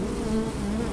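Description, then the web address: Bee buzzing, a steady low hum with a droning tone held throughout, no breaks. "Bienen lang. gymnasium kenzingen"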